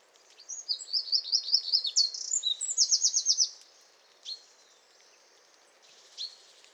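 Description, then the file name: Eurasian wren song: a rapid, high, tumbling run of sharp notes and dry trills lasting about three seconds, followed by two brief isolated chips. "Troglodytes troglodytes"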